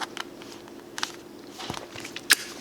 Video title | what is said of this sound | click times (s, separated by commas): KANGAROO JOEY PUMP INSTRUCTIONS - HOW TO SET UP KANGAROO JOEY PUMP | just kind of set it in there it snaps in place | 2.3 s